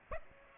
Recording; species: mosquito wingbeat signal from an infrared sensor; Aedes aegypti